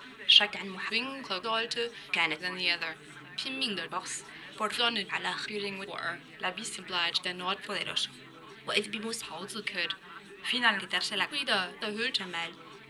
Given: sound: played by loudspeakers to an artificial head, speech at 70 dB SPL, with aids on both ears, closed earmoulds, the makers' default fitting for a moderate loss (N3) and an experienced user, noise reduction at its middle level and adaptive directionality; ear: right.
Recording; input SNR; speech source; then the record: speech test signal (ISTS) in cocktail-party noise; +6 dB; on the right (90 degrees)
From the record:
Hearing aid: class 1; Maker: E